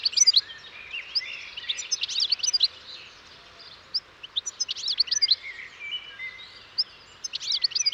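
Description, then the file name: European goldfinch calls, scattered bursts of high tinkling twitters and short chirps throughout. "Carduelis carduelis"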